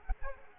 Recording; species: mosquito wingbeat signal from an infrared sensor; Culex quinquefasciatus